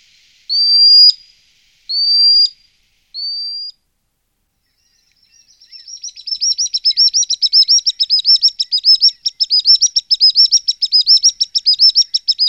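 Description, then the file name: Common sandpiper calling three drawn-out, high, slightly rising whistles, then after a pause launching into a long, fast, quavering trill of thin high notes. "pisík-obecný"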